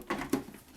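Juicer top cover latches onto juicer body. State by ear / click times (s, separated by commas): not seated / none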